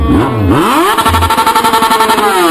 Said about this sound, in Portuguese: acelera, acelera essa moto, acelera essa moto, acelera essa moto. Só vale se acelerar a moto, vai.